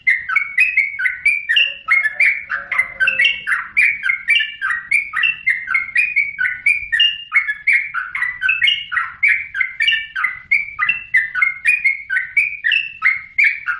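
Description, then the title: Oriental magpie-robin singing a rapid, continuous string of bright chirped notes that rise and fall, with a faint low warbling phrase early on. "Kicau Kacer"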